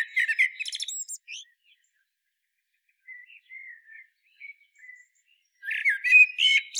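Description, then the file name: Common blackbird song: a low fluted warble breaking into high squeaky twitters, a quiet gap with soft notes, then another loud phrase. "Turdus merula"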